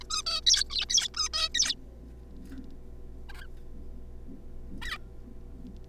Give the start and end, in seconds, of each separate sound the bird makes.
0.01-0.03, 0.10-0.22, 0.26-0.41, 0.46-0.64, 0.70-0.85, 0.89-1.08, 1.14-1.29, 1.33-1.49, 1.54-1.74, 3.29-3.47, 4.82-4.97